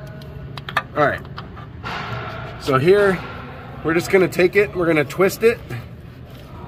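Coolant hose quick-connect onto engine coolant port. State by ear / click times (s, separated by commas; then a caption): not seated / none. A coolant hose quick-connect fitting is twisted by hand at the engine coolant port of a 6.0 Powerstroke during a failed oil cooler service. A few short, sharp handling taps are heard around 0.6–0.8 s, followed by a brief broadband rustle while someone talks. Nothing has seated or clicked yet.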